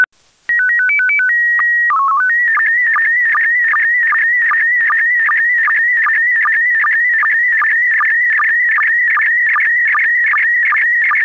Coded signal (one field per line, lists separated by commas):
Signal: SSTV (slow-scan television)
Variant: PD 50